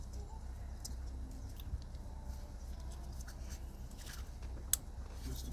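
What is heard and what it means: An electrical connector is worked by hand into its mating plug on a 2012 Volkswagen Golf, after the part has been routed underneath, as part of fixing fault codes 10116 and 10119. Several seconds of faint handling and rustling over a steady low hum end in one sharp click at 4.7 s. The connector seats.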